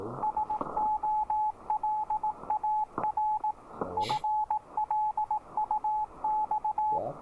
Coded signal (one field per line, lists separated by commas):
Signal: Morse code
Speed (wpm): 18 wpm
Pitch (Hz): 860 Hz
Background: radio noise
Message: SOLAR FLUX